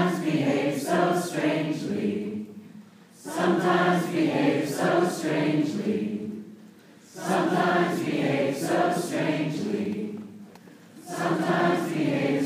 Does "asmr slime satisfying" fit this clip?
no